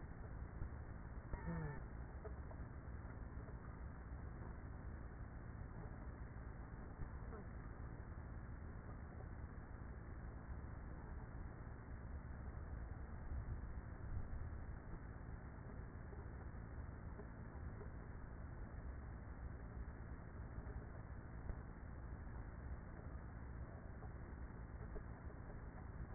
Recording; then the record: honeybee colony, microphone inside the hive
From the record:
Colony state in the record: queenless with a low population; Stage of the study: after two queens were removed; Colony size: about 30,000 bees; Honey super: no